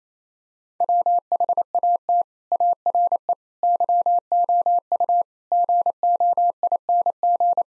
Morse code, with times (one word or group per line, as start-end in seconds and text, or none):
0.8-2.2 WHAT
2.5-3.3 ARE
3.6-5.2 YOU
5.5-7.6 GOING